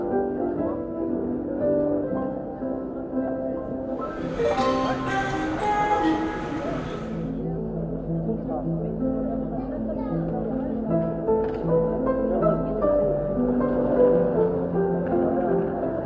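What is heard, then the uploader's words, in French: A station piano plays without pause, its chords and melody notes ringing and overlapping at a steady volume. From about four to seven seconds a bright, hissy layer sits above the music. Faint voices murmur underneath, and a low hum enters midway. Pianos de gares et musiciens de passages. Il y a ceux qui frappent, ceux qui jouent, ceux qui s'exercent, ceux qui cherchent le do et ceux qui font de l'esbroufe. De la musique classique au « genre c'est du jazz » en passant par des sons non identifiés. Prise de sons : Rémy et Maé.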